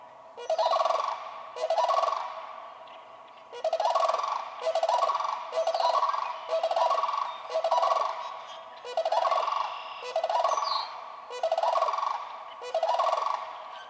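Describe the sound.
Sandhill crane rolling, rattling calls repeated many times in a steady series.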